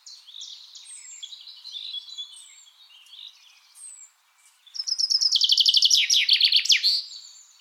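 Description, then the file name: Common chaffinch song: after soft twittering, a loud rattling trill of rapid descending notes ends in a quick flourish near the end. "Fringilla coelebs"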